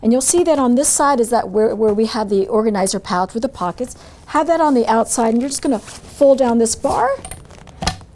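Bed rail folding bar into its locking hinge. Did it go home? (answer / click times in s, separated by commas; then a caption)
yes / 7.9 s. Someone talks while the fold-down bar of a folding bed rail, which has an organizer pad with pockets on the outside, is pushed down into its locking hinge. Near the end there is a quick cluster of small sharp sounds, with the loudest click at 7.9 s as the bar locks into place.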